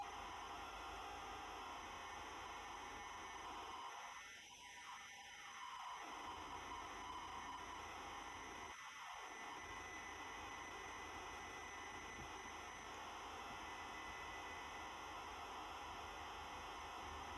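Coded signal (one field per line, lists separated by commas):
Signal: ZX Spectrum tape loading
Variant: ZX Spectrum +2 128K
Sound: harsh continuous buzzing data screech, broken by two short quieter gaps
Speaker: To escape, we can press break twice, but we're going to watch this load right now.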